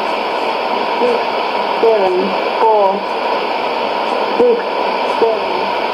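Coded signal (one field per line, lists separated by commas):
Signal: numbers station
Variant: E17z English Lady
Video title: 01 06 2017 Numbers station E17z English Lady in English to Eu 0800 on 16780 in CUSB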